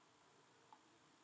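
A torque wrench tightens the most anterior retaining screw of a screw-retained implant bridge framework to the manufacturer's 15 Ncm. Over a steady low hiss, the wrench gives a single short, sharp click at 0.7 s. This marks the set torque being reached.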